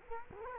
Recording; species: mosquito wingbeat signal from an infrared sensor; Culex quinquefasciatus